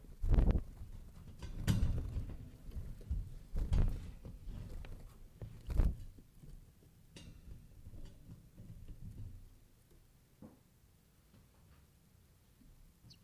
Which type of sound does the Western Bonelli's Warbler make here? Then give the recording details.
begging call. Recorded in captivity. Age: juvenile. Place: Zoologisches Institut Universität Tübingen, Baden-Württemberg, DE. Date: 1970-06-28 18:45. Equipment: Nagra III PH, MD211, DP26. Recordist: Killmaier and Stumbrat